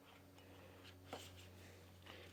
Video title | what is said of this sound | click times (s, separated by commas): (BREAKING NEWS) Firm Grip Reveals NEW Build-A-Rig Technology! | get it locked into place just like that so once you get it clipped into place on your belt what this one does | 2.1 s